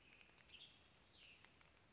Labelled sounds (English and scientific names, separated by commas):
Western Tanager (Piranga ludoviciana)